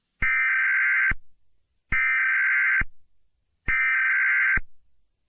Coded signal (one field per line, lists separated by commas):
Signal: Emergency Alert System (SAME) tones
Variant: header bursts